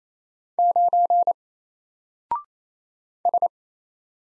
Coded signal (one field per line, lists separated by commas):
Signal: Morse code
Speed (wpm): 27 wpm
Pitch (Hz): 700 Hz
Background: none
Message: 9 S